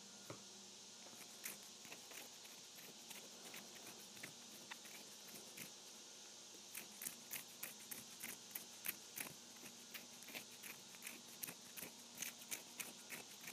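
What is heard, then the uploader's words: Hands being scratched in a run of quick, crisp rasping strokes, sparse at first, then denser and more regular after six seconds, over a low steady hum. Scratching my Hands.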